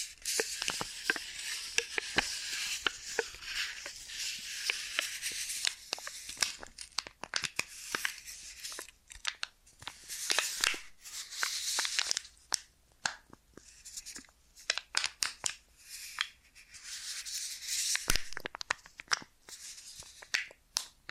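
Ear and scalp massage with cleaning: bright, crinkly rubbing and rustling comes in dense bursts, peppered with sharp little clicks and crackles. The rubbing swells and fades in waves, easing into sparser ticking around eight seconds, mid-clip, and near the end.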